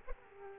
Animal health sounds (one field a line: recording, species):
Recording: mosquito wingbeat signal from an infrared sensor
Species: Aedes aegypti